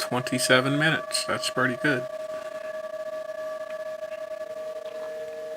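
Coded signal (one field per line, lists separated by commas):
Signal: PSK31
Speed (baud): 31.25 baud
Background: speech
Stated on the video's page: PSK31 from an FTDX10 at 40 watts into a 71 ft end-fed antenna, using FLDIGI.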